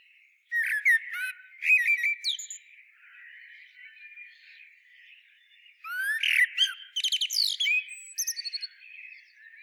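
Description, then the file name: Eurasian blackbird song: a mellow warbled phrase ending in thin, high squeaks, then after a pause of about three seconds a second fluted phrase with a twittering tail. "Turdus merula"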